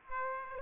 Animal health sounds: mosquito wingbeat signal from an infrared sensor; Aedes aegypti

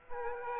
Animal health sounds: mosquito wingbeat signal from an infrared sensor; Aedes aegypti

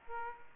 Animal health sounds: mosquito wingbeat signal from an infrared sensor; Aedes aegypti

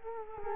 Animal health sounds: mosquito wingbeat signal from an infrared sensor; Culex quinquefasciatus

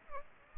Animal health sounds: mosquito wingbeat signal from an infrared sensor; Aedes aegypti

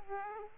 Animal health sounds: mosquito wingbeat signal from an infrared sensor; Aedes aegypti

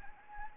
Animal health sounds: mosquito wingbeat signal from an infrared sensor; Anopheles arabiensis

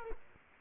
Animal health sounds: mosquito wingbeat signal from an infrared sensor; Culex quinquefasciatus

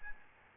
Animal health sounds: mosquito wingbeat signal from an infrared sensor; Aedes albopictus

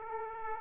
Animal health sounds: mosquito wingbeat signal from an infrared sensor; Aedes aegypti

